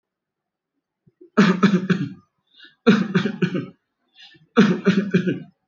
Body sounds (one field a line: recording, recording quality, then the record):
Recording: shallow voluntary cough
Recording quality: excellent, no background noise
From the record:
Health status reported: healthy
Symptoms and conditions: none ticked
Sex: male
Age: 30 years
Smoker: not ticked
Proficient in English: no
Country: India